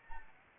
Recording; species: mosquito wingbeat signal from an infrared sensor; Anopheles arabiensis